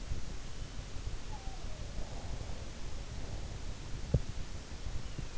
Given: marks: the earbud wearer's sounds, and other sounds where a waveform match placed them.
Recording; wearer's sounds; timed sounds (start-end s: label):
sounds in sleep by an in-ear microphone; breath
0.88-3.83 s: sound from someone else or the room
1.88-3.83 s: breath
3.99-4.42 s: sound from someone else or the room